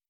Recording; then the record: hydrophone in a shrimp aquaculture tank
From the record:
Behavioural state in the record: normal